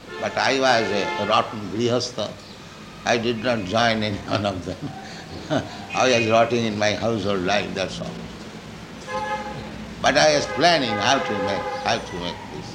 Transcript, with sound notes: But I was a rotten gṛhastha. I did not join any one of them. [laughs] I was rotting in my household life, that's all. But I was planning how to make, how to make this.